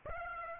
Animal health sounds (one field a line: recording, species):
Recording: mosquito wingbeat signal from an infrared sensor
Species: Aedes aegypti